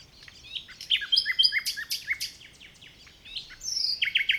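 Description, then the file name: Common nightingale song, a dense jumble of quick chips, clicks and buzzy notes, ending with a rapid stuttering series of high notes. "Luscinia megarhynchos"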